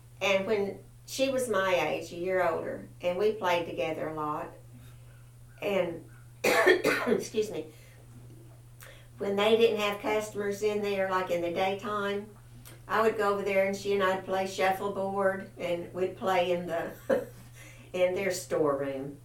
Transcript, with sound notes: And when-- she was my age, a year older and we played together a lot and (Cough) excuse me. When they didn't have customers in there like in the day time, I would go over there and she and I would play shuffle board, and we would play in the (chuckling) in their store room.